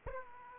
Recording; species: mosquito wingbeat signal from an infrared sensor; Aedes aegypti